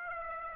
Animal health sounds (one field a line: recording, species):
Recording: mosquito wingbeat signal from an infrared sensor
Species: Aedes aegypti